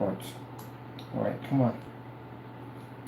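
A liquid cooler pump block is handled over a CPU socket mounting bracket, about to be dropped on and twisted to lock, while someone talks over a steady background hum. Nothing has seated or clicked yet; the pump block is not yet home.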